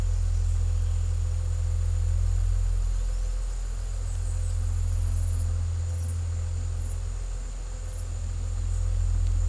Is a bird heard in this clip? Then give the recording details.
no. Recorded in secondary vegetation near Puerto Asís, Putumayo, Colombia, on 21 December 2024 at 13:00. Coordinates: 0.468, -76.324. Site G095